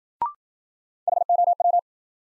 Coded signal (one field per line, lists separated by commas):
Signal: Morse code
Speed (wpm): 53 wpm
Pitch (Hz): 700 Hz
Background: none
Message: HOW